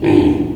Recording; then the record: squeal of a Yucatan mini pig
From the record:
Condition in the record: before surgery on the right vocal fold (resection and tissue-engineered implant); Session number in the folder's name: 1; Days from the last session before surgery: -21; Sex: female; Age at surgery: 19 weeks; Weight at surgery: 25 kg